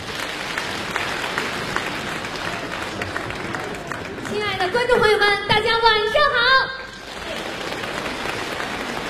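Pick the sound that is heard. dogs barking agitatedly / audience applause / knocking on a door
audience applause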